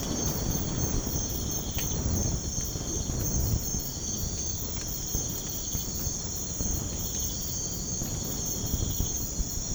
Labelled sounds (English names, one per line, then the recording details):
none
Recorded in pastures near Puerto Asís, Putumayo, Colombia, on 19 March 2025 at 02:00
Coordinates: 0.505, -76.324
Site GP08